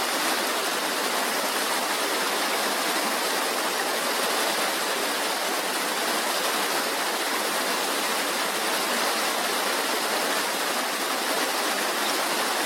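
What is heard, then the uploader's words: Rushing water pours without pause, a dense, even hiss that holds the same level from start to finish. The sound is bright and full through the upper range with little low rumble, suggesting fast-moving water like a stream or small falls. Rushing Water.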